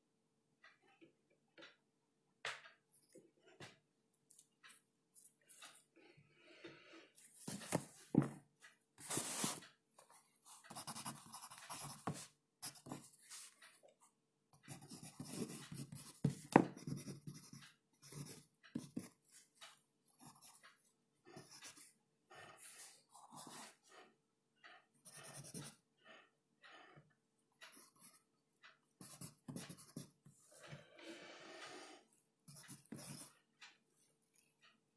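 Irregular bursts of page flipping and scratchy writing, busiest from about 8 to 20 seconds, with quieter rustles and taps between them.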